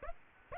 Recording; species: mosquito wingbeat signal from an infrared sensor; Aedes aegypti